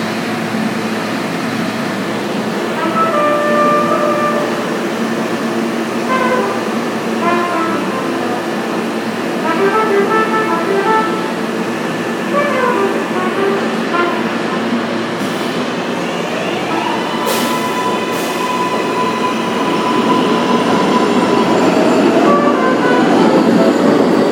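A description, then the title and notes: A busker plays a simple melody on a subway platform: short, clear notes rise above a thick, steady rumble of the station. Around the middle, sharp squeals cut in. A train's roar grows louder and fuller toward the end, nearly burying the music. Busker at Graham Ave stop by Bougie.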